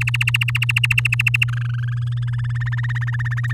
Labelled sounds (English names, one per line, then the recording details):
Domestic Canary song
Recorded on 9 May 2018 at 05:31
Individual llb16